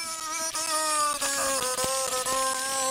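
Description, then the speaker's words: Beluga whale making a continuous nasal, droning, voice-like tone with steady harmonics that dip slightly in pitch, broken by small clicks. Beluga imitating human speech, described as talking with quite a nasally sound. "Here's some audio of this beluga whale talking. It's quite a nasally sound."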